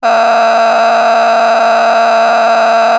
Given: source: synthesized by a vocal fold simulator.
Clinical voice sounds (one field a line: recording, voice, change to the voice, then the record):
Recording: sustained vowel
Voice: female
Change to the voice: a random mix of aspiration noise, stiffness perturbation and strain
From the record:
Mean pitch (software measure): 229 Hz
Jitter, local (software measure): 3.88%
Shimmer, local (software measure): 11.6%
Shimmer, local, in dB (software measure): 0.98 dB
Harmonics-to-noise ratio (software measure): 8.3 dB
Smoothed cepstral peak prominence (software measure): 9.6 dB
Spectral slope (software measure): -16.8 dB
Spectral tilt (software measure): -9.2 dB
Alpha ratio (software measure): -7.3 dB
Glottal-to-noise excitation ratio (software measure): 0.899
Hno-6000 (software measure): 1.7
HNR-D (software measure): 27.3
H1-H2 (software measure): -4.0 dB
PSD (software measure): 8.0e-04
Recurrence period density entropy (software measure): 0.127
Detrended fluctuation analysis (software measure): 0.0105